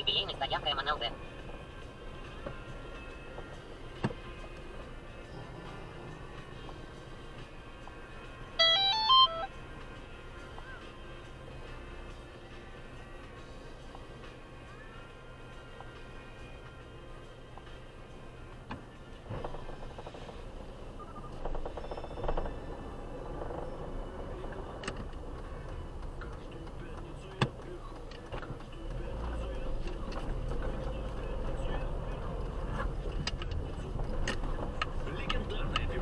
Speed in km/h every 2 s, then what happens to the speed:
4, 0, 0, 3, 9, 7, 0, 0, 4, 7, 1, 0, 11, 10, 5, 7, 9, 10.
1-5 standing. 5-8 pulls away to 9. 11-15 standing. 15-20 steady at about 4. 20-22 standing. 22-24 pulls away to 11.